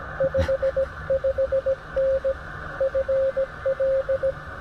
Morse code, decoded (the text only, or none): 55N FL